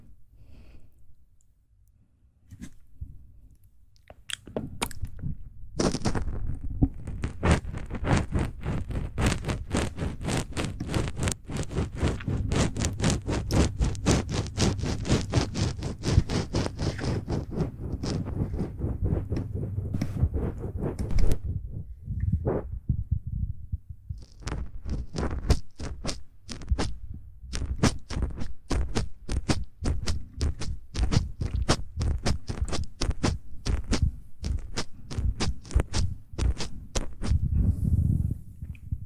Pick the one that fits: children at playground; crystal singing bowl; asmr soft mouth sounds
asmr soft mouth sounds